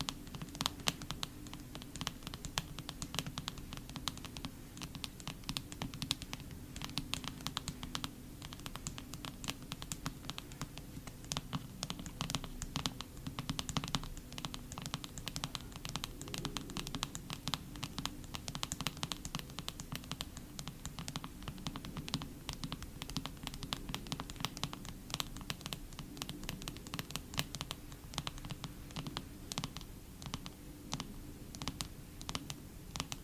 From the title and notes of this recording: Asmr photocard collection. Photocard tapping. Blue yeti microphone.